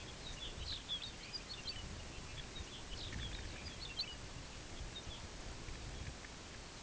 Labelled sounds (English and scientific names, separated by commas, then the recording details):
Lapland Longspur (Calcarius lapponicus)
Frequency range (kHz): Lapland Longspur (Calcarius lapponicus) 1.6-5.5 kHz
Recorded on Arctic tundra, site UTQI-5, on 16 June 2019
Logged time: 12:00